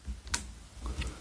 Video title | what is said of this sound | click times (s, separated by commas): Oneleaf Commander NV500 Eagle Day/Night Scope Hands-On Review Showing Detailed Features Part 2 of 3 | Give it a push in, and you'll hear a little snap. | 0.3 s